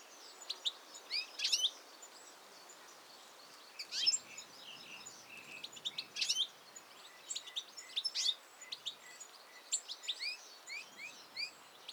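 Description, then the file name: European goldfinch calls, rather faint, with high liquid chirps and twittering notes scattered throughout over a background hiss. "Carduelis carduelis"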